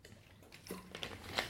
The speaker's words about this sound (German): Lass mich erst nochmal das Wasser runterschlucken, ja?